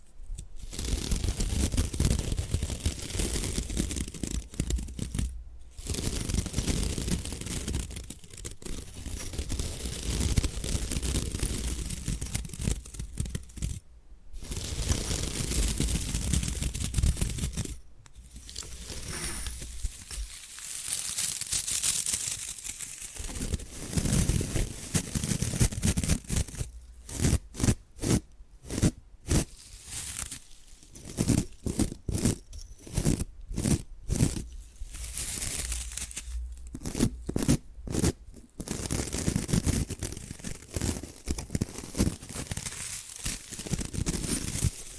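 Bamboo is scratched and brushed in long, dense rasping strokes through the first half, broken by brief silences near 5, 14 and 18 seconds. From about 27 seconds the sound turns choppy, with rapid short bursts and gaps in quick succession.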